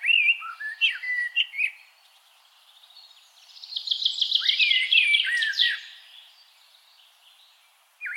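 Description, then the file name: Common blackbird song: short fluty whistled phrases around the middle range, then a squeaky, twittering high burst, with a quiet pause before a final whistled note. "Turdus merula"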